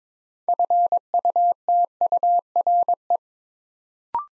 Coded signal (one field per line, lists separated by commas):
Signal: Morse code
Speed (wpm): 22 wpm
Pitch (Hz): 700 Hz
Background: none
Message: FUTURE